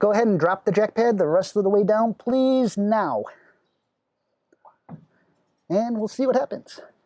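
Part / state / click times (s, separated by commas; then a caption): plastic jack pad onto RV leveling jack foot / not seated / none. A plastic snap pad sits under an RV leveling jack foot as the jack is lowered the rest of the way down onto it, while someone talks. After the talking stops, only a few faint, short taps come through near 4.5 and 4.9 seconds before the talking resumes. The pad has not snapped onto the jack foot yet; nothing has seated or clicked.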